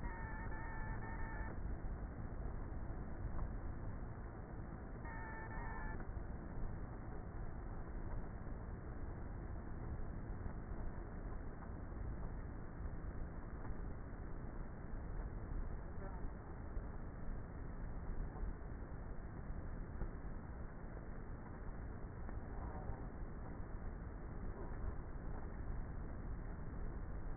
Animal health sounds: honeybee colony, microphone inside the hive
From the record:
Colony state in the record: queenless with a low population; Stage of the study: before two queens were removed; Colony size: about 30,000 bees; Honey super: no

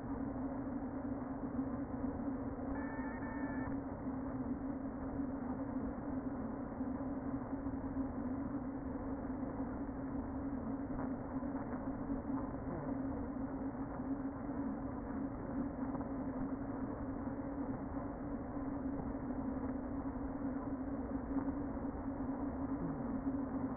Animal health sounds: honeybee colony, microphone inside the hive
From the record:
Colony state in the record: queen present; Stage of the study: before two queens were removed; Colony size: about 60,000 bees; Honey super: yes

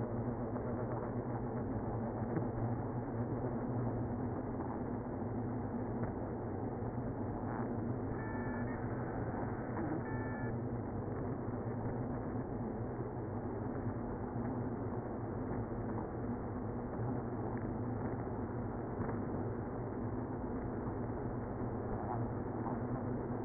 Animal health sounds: honeybee colony, microphone inside the hive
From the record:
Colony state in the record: queenless (queen removed); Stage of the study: after two queens were removed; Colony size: about 60,000 bees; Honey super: yes

